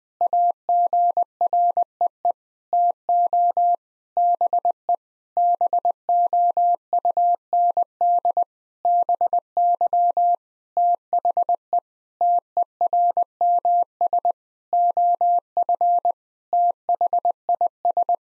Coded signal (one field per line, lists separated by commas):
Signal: Morse code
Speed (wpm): 20 wpm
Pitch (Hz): 700 Hz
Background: none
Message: AGREE TO BE BOUND BY THE TERMS OF THIS